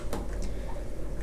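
A plastic impeller cover is clipped over the impeller in the pump head of a Fluval 204 canister filter. A single light click is heard at 0.1 s over a low steady background, and the cover is seated.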